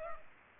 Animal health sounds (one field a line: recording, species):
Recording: mosquito wingbeat signal from an infrared sensor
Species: Culex pipiens